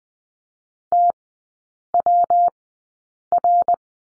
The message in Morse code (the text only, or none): TWR